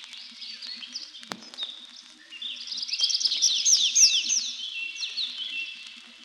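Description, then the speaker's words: Tree Pipit: songbird song of high, quick downslurred notes: a scratchy start, one sharp click, then a louder rolling series of slurred whistles fading at the end. Song heard over forest edges and overgrown clearings; twittering part begun while perched in a tree and continued while flying up, second part sung while gliding down to a neighbouring treetop. "Песня лесного конька слышна над лесными опушками и зарастающими сечами."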